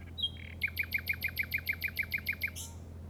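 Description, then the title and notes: Common nightingale phrase: a short whistle followed by a fast, even run of many repeated sharp notes ending in a burst, low hum beneath. In the Llobregat Delta at 06:00 on 8 May 2015, recorded with a Zoom recorder. "Grabación de ruiseñor común (Luscinia megarhynchos) en el Delta del Llobregat a las 06:00 del 08/05/2015."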